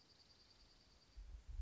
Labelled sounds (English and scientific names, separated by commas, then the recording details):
Dark-eyed Junco (Junco hyemalis)
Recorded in Sonoma County, California